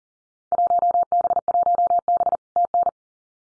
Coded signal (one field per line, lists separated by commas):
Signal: Morse code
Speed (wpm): 42 wpm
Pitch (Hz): 700 Hz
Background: none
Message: 1B1B TN